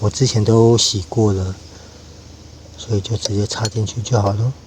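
After the camshaft position sensor has been replaced, the previously cleaned plastic wiring harness plug is handled to be pushed onto the new sensor while someone talks, with a quiet pause in the middle. Nothing has seated or clicked yet.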